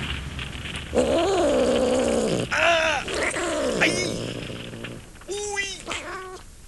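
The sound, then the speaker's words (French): A cat meows repeatedly in long, wavering, drawn-out cries that rise and fall in pitch, some turning into plaintive yowls, with a few shorter high mews near the end. “Votre chat, vous le mettez dans un sac, et il ne se rendra compte de rien.”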